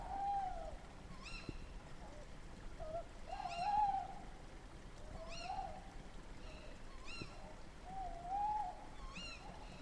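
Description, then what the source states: Owl calls: shrill, harmonic-rich yelps repeated every few seconds, interleaved with lower, wavering drawn-out hoots. Several owls at night at the end of March.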